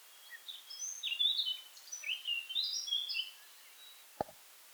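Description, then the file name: Eurasian blackcap with a quick jumbled phrase of high chirps and short warbled notes, followed by a single sharp click. "Sylvia atricapilla"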